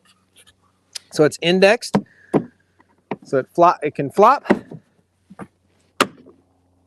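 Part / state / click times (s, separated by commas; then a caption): carry handle on a plastic stacking toolbox / seated / 6.0 s. Someone talks while swinging the carry handle of a large plastic modular stacking toolbox up into its upright position. A sharp, loud hit at 6.0 s marks the handle locking upright in place.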